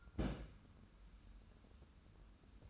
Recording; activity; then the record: daily activity, microphone in the room; place on stove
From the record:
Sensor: 2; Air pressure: 994.3 hPa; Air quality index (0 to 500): 218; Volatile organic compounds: 1000 ppm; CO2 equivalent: 7223 ppm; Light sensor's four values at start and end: 137/327/138/143 and 137/327/138/143